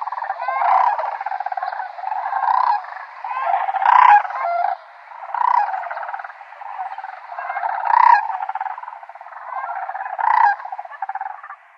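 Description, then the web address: Sandhill crane giving loud rolling, rattling calls that swell in bursts roughly every two seconds. "Schulze Peter Sandhill Crane"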